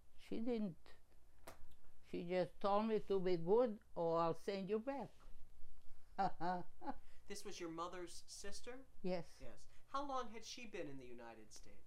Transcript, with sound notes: She didn't, she just told me to be good or I'll send you back. (laughing)
This was your mother's sister?
Yes.
Yes. How long had she been in the United States?